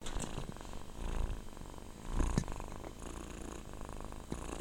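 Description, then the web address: Cat purring, a low continuous rumbling throb with uneven pulsing and a few soft rustles and clicks. "katzen schnurr"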